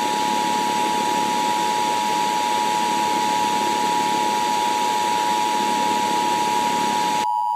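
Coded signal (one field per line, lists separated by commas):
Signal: Emergency Alert System (SAME) tones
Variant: 853 and 960 Hz attention tone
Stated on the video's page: Fictional alternate EAS scenario, simulated, using valid SAME tones and loud noises.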